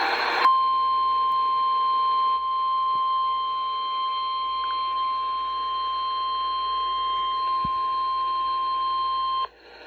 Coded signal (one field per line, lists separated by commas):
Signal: Emergency Alert System (SAME) tones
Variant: 1050 Hz attention tone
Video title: EAS #20 Severe Thunderstorm Warning